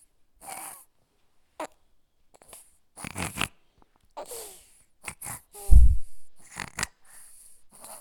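A sleeping baby snoring, with intermittent breathing sounds.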